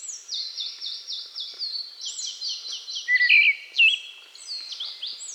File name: Eyebrowed Thrush Turdus obscurus